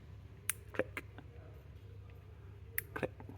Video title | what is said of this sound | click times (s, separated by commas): How to repair a Honda CBX1000 Petcock - The Super Sport Shed | there we go basic there and now you can check and you should hear click click | 0.5 s, 2.8 s